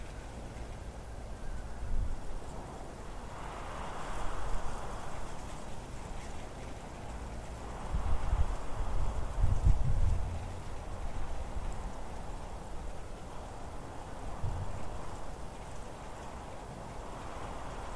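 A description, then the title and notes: Wind blows through a small town, a steady low rush that swells in gusts around four, eight to ten, and fifteen seconds. The loudest gust peaks near ten seconds with deep rumbling buffets, while a soft, airy hiss stays constant in between. On today's episode we enjoy a binaural recording of winds in a small Mid West town.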